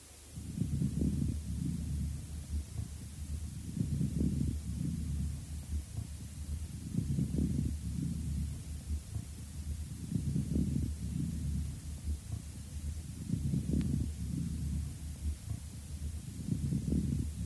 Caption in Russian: В правой аксиллярной области в проекции бронхоэктазов на фоне ослабленного дыхания вы услышите незвонкие мелкопузырчатые хрипы, что свидетельствует о том, что мокрота главным образом скапливается в мелких бронхах.